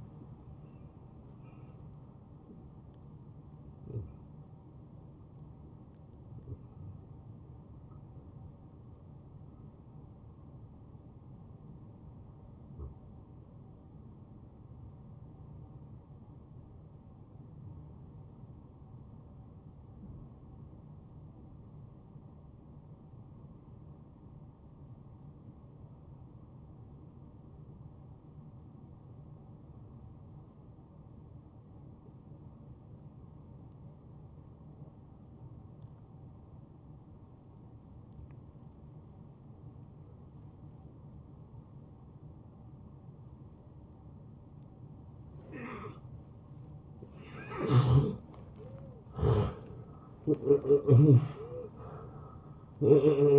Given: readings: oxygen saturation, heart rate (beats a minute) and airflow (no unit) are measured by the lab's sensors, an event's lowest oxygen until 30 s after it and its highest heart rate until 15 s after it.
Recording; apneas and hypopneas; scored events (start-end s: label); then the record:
breathing in sleep by a smartphone at the bedside; 1
8.00-46.30 s: hypopnea (N1, oxygen 94% highest, then 83% lowest, heart rate 79 at the start, 86 highest)
From the record:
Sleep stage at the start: N1 (lightest sleep); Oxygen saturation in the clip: 83 to 94%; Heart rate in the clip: 59 to 85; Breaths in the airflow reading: 10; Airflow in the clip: -13.5 to 10.1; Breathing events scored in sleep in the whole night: 263 in 5.5 hours asleep